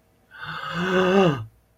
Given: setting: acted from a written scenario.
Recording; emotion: vocal sound without words; awe